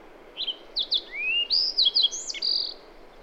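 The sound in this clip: Bird song: short chirps, a long rising whistle, then a tumble of high twittering notes and a sustained high whistled tone.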